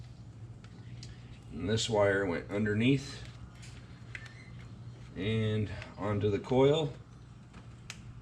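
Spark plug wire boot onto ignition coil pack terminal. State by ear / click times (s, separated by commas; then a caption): seated / 7.9 s. The rubber boot of a new spark plug wire on a 1998 Buick 3.8 is pushed onto the ignition coil pack terminal while someone talks. A short, sharp snap at 7.9 s marks the boot seating onto the coil.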